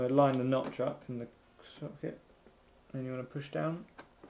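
A RAM stick is lined up with the notch in a motherboard DIMM slot and pushed down while someone talks, with a brief faint sound at the very end around 4.2–4.3 s. Nothing has seated or clicked yet: the two plastic retention clips have not snapped shut.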